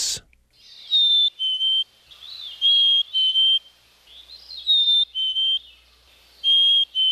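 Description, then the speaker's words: Black-capped Chickadee clear whistled song, a high note dropping to a lower, sometimes doubled note, repeated about four times in seven seconds with a brief click at the start. Phoebe song of courtship and hormonal activity, showing chickadees getting ready to separate out of the flock and form pair bonds. "This is a song of courtship and a song of hormonal activity, which indicates that the chickadees are getting ready to separate out of the flock and form pair bonds."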